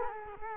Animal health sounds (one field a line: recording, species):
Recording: mosquito wingbeat signal from an infrared sensor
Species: Culex quinquefasciatus